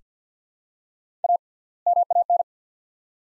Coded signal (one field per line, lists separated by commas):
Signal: Morse code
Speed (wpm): 48 wpm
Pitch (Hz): 700 Hz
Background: none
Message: A MAN